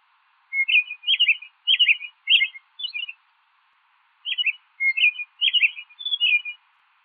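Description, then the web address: American robin singing clear, warbled caroling phrases in two runs of four or five short notes, rising and falling, with a brief pause between runs; no other sounds. "Thumbs Plus Zoo Field Guide Repository Sounds"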